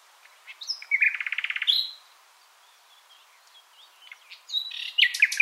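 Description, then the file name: Common nightingale song with a fast rattling trill, a short pause, then a burst of varied sharp notes and whistles. "Luscinia megarhynchos"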